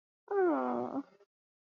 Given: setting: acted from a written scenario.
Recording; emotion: vocal sound without words; romantic love